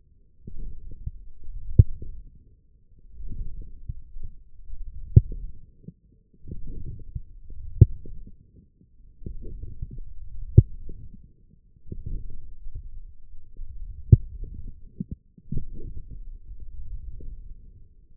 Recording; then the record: forearm muscle sounds (acoustic myography)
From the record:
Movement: forearm pronation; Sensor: system 1, eight BSWA MPA416 microphones around the upper forearm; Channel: 2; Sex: male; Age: 20 years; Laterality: left